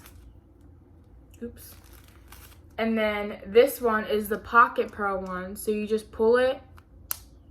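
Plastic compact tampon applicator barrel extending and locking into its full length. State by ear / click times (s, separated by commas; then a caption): seated / 7.1 s. Someone talks while pulling the telescoping plastic applicator barrel of a compact tampon out to full length, with faint handling sounds early on. A sharp, loud click at 7.1 s marks the applicator locking into its extended position, fully seated.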